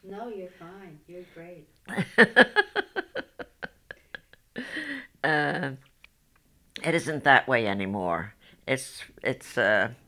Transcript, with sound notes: No, you're fine. You're great.
( she laughs ) It isn't that way any more. It's, when